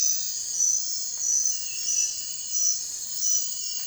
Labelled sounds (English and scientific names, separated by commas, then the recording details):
none
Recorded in dense forest near Puerto Asís, Putumayo, Colombia, on 21 December 2024 at 02:30
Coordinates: 0.468, -76.322
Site G071